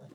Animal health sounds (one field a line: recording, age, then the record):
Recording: pig call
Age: piglet (1 to 25 days)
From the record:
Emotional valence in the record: negative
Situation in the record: short isolation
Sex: female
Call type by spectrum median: low-frequency call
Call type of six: low-frequency stable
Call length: 0.15 s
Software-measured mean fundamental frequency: 50 Hz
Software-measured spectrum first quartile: 166 Hz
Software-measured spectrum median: 313 Hz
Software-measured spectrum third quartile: 655 Hz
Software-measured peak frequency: 140 Hz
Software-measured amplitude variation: 186 dB a second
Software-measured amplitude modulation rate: 16.7 a second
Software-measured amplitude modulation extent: 11.1 dB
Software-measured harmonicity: 2.5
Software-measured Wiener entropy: -0.10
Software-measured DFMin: 1091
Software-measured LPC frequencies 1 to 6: 482, 1553, 2807, 3620, 5204, 6012 Hz